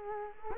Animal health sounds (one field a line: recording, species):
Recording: mosquito wingbeat signal from an infrared sensor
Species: Culex quinquefasciatus